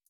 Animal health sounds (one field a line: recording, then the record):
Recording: hydrophone in a shrimp aquaculture tank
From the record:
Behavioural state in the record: feeding